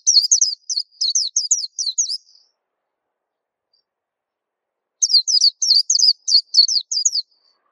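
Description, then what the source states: White-eye giving two fast phrases of bright, high twittering notes, each around two seconds, with a silent pause between them. Song described as melodious and long.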